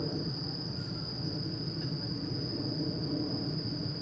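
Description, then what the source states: Crickets hold a continuous high trill while a low rumble fills the background. Crickets at night in Shinjuku Gyoen Park, Shinjuku, Tokyo, Japan; recorded with DPA 4060 AB microphones into a Deity PR-2.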